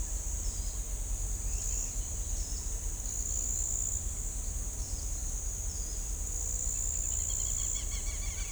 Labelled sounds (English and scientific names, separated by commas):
Ochre-lored Flatbill (Tolmomyias flaviventris)